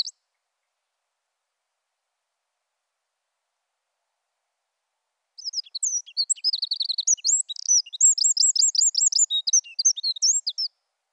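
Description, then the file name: Eurasian wren singing one long, very high, hurried phrase of sharp chips and quick trills, about five seconds long, after a stretch of silence. "Troglodytes troglodytes"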